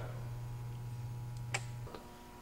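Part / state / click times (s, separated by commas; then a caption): footboard into screw-head mounts on the bed cabinet / seated / 1.6 s. The wooden footboard of a panel bed is slid onto screw heads on the front of the bed cabinet, lifted, then dropped so it locks in place automatically. Over a steady low hum, a sharp, short knock sounds at 1.6 seconds as it seats, followed by a fainter knock at 2.0 seconds, and the footboard is locked onto the screw-head mounts.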